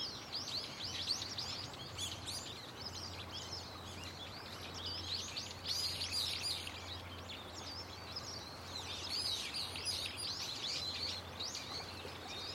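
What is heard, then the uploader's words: Many birds chirp loudly and constantly from trees along a concrete tetrapod breakwater, their bright, overlapping calls forming a dense, busy chorus. The calling swells around the middle and again near the end. A low, steady hum and soft rushing noise sit underneath throughout. The loud chirping of birds coming from the Tetra Belt and its trees. テトラ帯とその木々から、けたたましいほどのの鳥たちの鳴き声. I pointed the microphone and camera at this moment.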